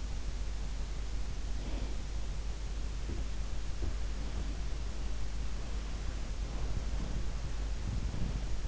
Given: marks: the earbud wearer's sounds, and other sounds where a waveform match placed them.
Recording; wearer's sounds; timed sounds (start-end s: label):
sounds in sleep by an in-ear microphone; breath
1.57-1.95 s: breath